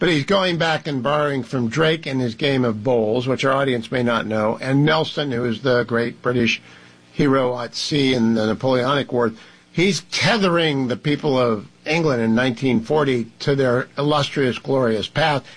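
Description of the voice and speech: An adult man speaks fluently in a steady, clear voice at a conversational pace, with only brief pauses between phrases. The voice is normal, with no breathiness, roughness, blocks or slurring.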